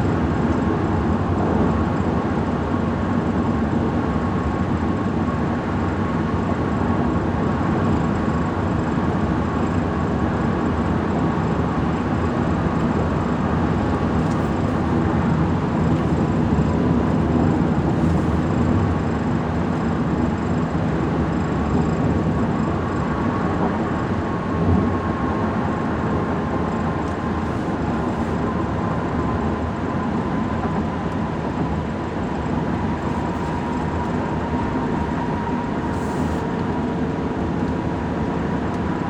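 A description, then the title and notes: Steady road noise from highway driving fills the whole stretch, a dense, unbroken low rumble with a faint humming tone running through the middle. Loudness barely changes. A few brief ticks or clicks stand out, the clearest near 36 seconds. Travel with me from Central Phoenix to my office in Chandler, Arizona. It’s mostly highway so great amount of ambient sounds coming from the road in my Ford F-150 pickup truck. The occasional turn signal or lane-change signal as I turn to get on the freeway or change lanes throughout my morning commute.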